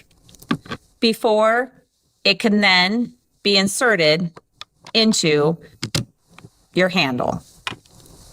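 Someone talks while a thermocoagulator probe is handled near its handle, with a few short, sharp handling taps between the phrases. Nothing has seated or clicked yet; the probe has not gone home in the handle by the end of the clip.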